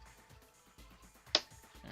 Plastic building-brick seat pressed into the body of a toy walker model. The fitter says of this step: all right so we are going to push these in until they click so there we go seats are in nice